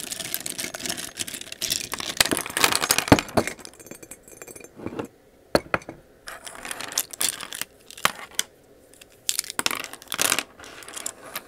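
Slime being squished and stretched, with wet, crackly pops and sharp clicky bursts coming in irregular clusters. Activity is dense in the first four seconds, drops to near silence around five and eight seconds, then resumes in bright bursts.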